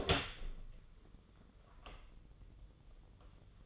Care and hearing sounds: daily activity, microphone in the room; open door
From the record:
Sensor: 4

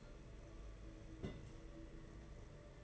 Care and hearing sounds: daily activity, microphone in the room; place on stove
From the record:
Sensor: 4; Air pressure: 992.8 hPa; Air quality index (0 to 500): 175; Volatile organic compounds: 333 ppm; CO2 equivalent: 4550 ppm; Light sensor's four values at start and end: 4/10/4/4 and 4/10/4/4

